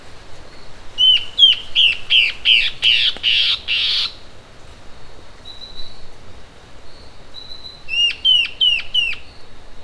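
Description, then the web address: Bird calls: a run of sharp notes that grows into harsh rasps, a faint thin tone during the pause, then a few clean sharp notes again. "BIRD SABIOD bird"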